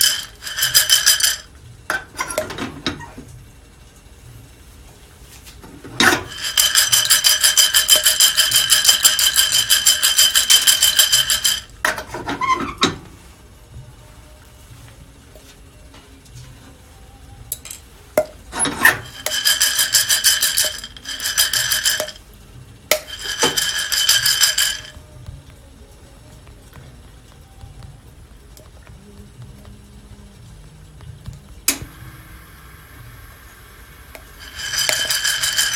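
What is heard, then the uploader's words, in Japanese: Mocha blend coffee beans being roasted: bursts of bright, rasping rattle, the longest around 6–12 and 19–25 seconds, between quieter low rumbling stretches. 今朝は”モカブレンド”を焙煎。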